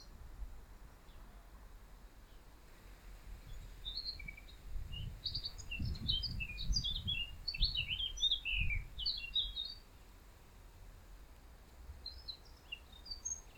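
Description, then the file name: Eurasian blackcap, fairly faint, giving a burst of quick high twittering notes mid-recording, with quieter stretches before and after and a low rumbling background. "Sylvia atricapilla"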